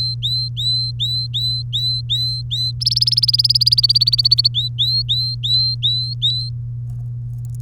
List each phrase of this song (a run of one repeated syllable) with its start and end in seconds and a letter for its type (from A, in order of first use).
0.00-2.71 A, 2.81-4.48 B, 4.54-6.49 A